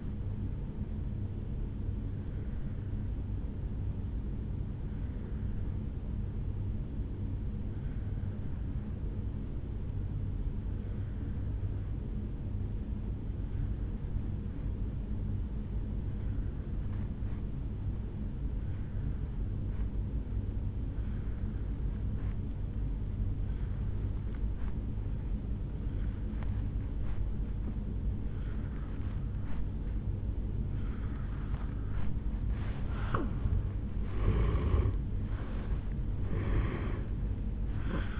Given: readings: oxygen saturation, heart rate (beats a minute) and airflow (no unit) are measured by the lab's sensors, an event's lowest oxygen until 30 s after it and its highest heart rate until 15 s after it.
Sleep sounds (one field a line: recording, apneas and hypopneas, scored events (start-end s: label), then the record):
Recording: breathing in sleep by a smartphone at the bedside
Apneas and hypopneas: 1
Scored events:
4.00-33.50 s: obstructive apnea (N1, oxygen 96% highest, then 82% lowest, heart rate 57 at the start, 78 highest)
6.00-36.00 s: new sleep stage, N2 (light sleep)
36.00-38.20 s: new sleep stage, N1 (lightest sleep)
From the record:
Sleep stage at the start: N1 (lightest sleep)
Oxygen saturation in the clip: 83 to 96%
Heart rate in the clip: 57 to 76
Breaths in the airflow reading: 2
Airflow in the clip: -12.0 to 9.2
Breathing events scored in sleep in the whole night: 449 in 7.0 hours asleep